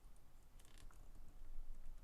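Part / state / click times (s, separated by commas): plastic building-set part into ball cup / not seated / none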